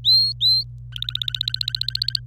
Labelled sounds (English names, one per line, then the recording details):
Domestic Canary song
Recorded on 26 April 2018 at 07:36
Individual llb3